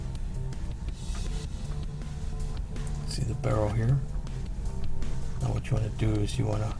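A Speedball calligraphy set's ink cartridge for a calligraphy pen is picked up and shown with the pen barrel before being pushed into the pen. Someone talks over music, with only light handling sounds such as soft taps and rustles. The cartridge has not yet been pushed in, and nothing has seated or clicked yet.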